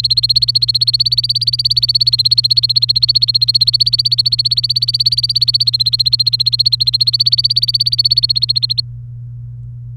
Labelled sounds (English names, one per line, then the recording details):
Domestic Canary song
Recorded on 29 April 2018 at 10:59
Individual llb3